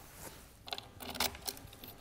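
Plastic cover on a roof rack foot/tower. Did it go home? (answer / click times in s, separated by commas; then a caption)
no / none. The plastic end cover of an Inno Aero roof rack foot for naked roofs, on a 2020 Mazda CX-5, is handled with its two notches fitted around the round parts at the bottom of the foot and tilted up against the foot. Small plastic knocks and ticks are heard around 0.7, 0.8, 1.2 and 1.5 seconds. Nothing has seated or clicked yet.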